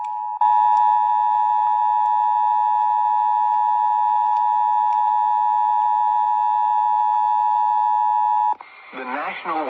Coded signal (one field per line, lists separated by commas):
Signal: Emergency Alert System (SAME) tones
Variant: 853 and 960 Hz attention tone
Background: speech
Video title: Tornado Watch#553 EAS#372